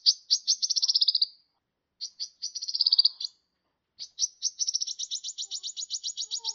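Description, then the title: Sunbird song: high, buzzy trills of rapid repeated notes in three phrases, the last a long, even trill. "kicau kolibri"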